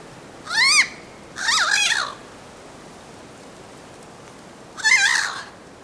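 Bird calls: three harsh, nasal, harmonic notes, the second longer and wavering, with a pause of nearly three seconds before the last.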